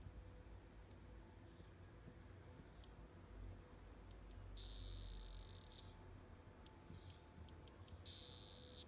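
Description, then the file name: Splash-backed poison frog calling: short buzzy high trills, repeated a few times, over steady low background noise. Calling, southern population. "ranitomeya variabilis southern calling"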